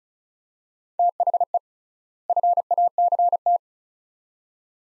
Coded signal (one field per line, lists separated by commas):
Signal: Morse code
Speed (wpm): 36 wpm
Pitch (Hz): 700 Hz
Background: none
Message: THE FACT